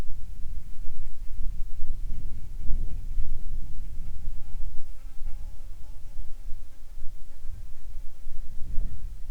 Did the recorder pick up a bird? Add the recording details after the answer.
no. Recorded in the Arctic National Wildlife Refuge, Alaska, on 7 July 2019 at 18:48. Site 41